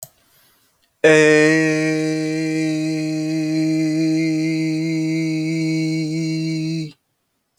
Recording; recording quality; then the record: sustained vowel as in made; excellent, no background noise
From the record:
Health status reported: exposed to COVID-19, no respiratory illness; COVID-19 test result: not tested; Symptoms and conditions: none ticked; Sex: male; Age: 26 years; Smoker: not ticked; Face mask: not worn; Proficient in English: yes